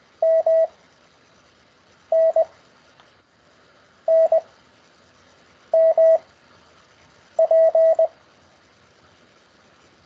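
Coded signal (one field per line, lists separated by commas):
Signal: Morse code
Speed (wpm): 21 wpm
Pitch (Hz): 650 Hz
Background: none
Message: M N N M P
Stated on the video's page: Morse code practice lesson conducted over Skype.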